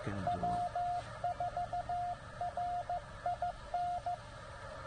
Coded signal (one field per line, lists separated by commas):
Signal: Morse code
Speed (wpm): 15 wpm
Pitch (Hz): 690 Hz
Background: radio noise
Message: W4RIN